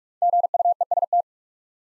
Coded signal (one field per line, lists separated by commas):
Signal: Morse code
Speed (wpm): 45 wpm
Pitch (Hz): 700 Hz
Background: none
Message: GUEST